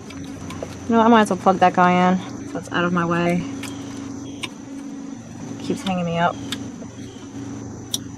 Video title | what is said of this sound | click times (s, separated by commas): '07 Kia Sedona AC Compressor Part 2: Installation & Charge | Okay, it's clicked in place. There we go. | 7.9 s